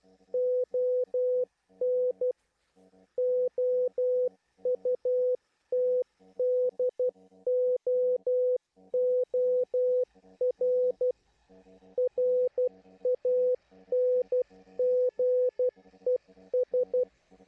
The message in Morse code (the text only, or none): ON OUTDOOR RANGES